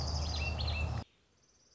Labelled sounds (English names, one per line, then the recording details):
Orange-crowned Warbler
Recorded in Sonoma County, California